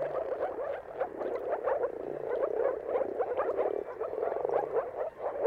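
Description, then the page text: Crowded chorus of moor frogs, muffled bubbling calls overlapping constantly, rising and falling gently in loudness. Moor frogs giving mating calls in a chorus at sunrise, around the turn of March and April depending on the weather. "Dawn’s Chorus: Mating Calls of Marsh Frogs at Sunrise. Depending on the weather at the turn of March and April, you can witness an amazing spectacle of moor frogs. Jakub Orzecki"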